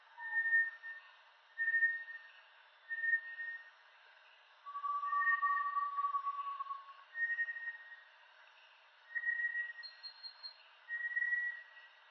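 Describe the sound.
Bartlett's tinamou producing short level whistles at intervals and one longer, lower drawn-out note, over continuous faint hiss.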